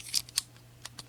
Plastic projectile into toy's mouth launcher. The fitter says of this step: a little click when it's in place and then punches